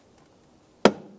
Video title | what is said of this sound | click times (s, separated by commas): How to Replace Upper Transmission Line 2002-2009 Chevrolet Trailblazer 4.2L | heard a nice click coming from that we'll give it a tug to make sure it is secured in place | 0.9 s